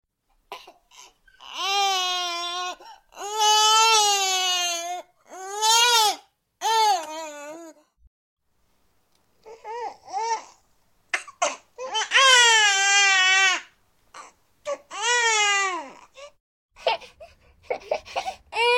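A baby cries in about eight loud, high-pitched wails, each with a rising-then-falling melody, separated by brief pauses and catch breaths. One wail is softer and broken. It sounds like an ordinary vigorous infant cry in a small room.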